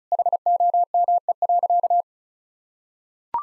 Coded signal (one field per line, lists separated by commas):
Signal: Morse code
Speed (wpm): 34 wpm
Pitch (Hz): 700 Hz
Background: none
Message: HOME.